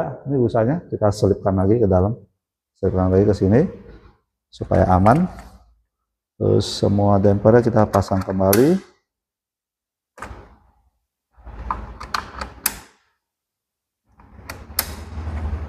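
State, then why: Seated. Plastic ink dampers are pressed back onto the nipples of the printhead of a PrintGazer Titan L1800 DTF printer, one by one, while someone talks. Sharp, short clicks come as each damper is pushed until it clicks, at about 12.7 s and 14.8 s, and the dampers are seated.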